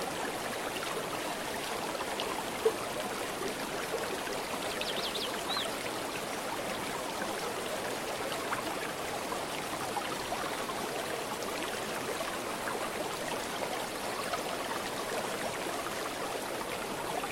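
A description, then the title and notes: A waterfall pours in a steady, dense rush that holds one level for the whole stretch, strongest through the middle and upper range. Around five seconds a brief high chirp, like a bird or insect, rises above the water, and a faint click near three seconds. Waterfall and Jungle Sounds.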